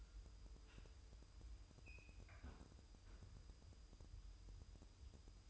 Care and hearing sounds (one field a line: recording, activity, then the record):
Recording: daily activity, microphone in the room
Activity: close fridge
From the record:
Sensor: 2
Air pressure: 988.3 hPa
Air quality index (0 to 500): 192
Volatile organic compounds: 194 ppm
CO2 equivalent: 4193 ppm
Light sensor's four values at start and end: 21/71/28/26 and 21/71/28/26